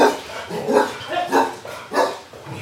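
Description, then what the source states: Dogs barking, a few barks at a steady pace, about every two-thirds of a second. Shelter dogs at an SPA refuge, strongly reactive to strangers, barking from their boxes as visitors walk past toward another dog's box.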